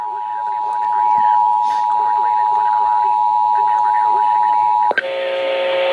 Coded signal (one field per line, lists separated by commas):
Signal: Emergency Alert System (SAME) tones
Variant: 853 and 960 Hz attention tone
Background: speech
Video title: EAS #145 - Severe Thunderstorm Warning